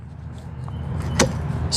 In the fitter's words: snap there it is